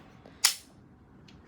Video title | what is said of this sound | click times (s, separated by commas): Unboxing my new revolver toy gun! | it locks in place like that like there it kind of | 0.4 s